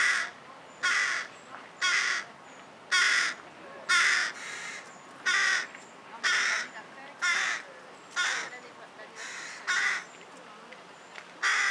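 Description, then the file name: Carrion crow calling steadily: about a dozen harsh, grating caws repeated roughly once a second. "Corvus corone"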